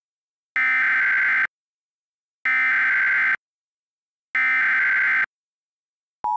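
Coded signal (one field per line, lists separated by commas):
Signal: Emergency Alert System (SAME) tones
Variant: header bursts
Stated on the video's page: Mock EAS alert for a simulated train derailment scenario.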